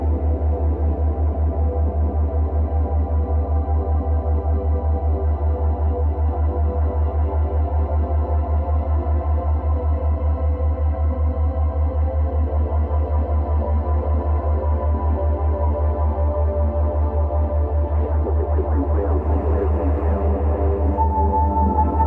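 A steady, pulsing drone ambience with a heavy low hum under layered murky tones, turning busier near the end as a thin sustained tone enters.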